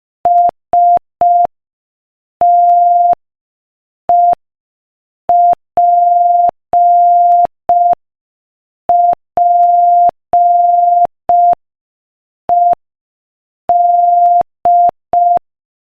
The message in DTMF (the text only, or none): none